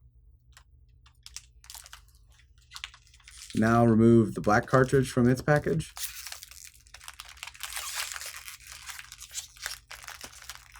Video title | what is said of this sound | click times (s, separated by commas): Unboxing, Set Up, and Installation of the HP ENVY 5540 Printer - HP | Slide the cartridge into the slot and press firmly until it clicks into place. | 1.3 s, 1.4 s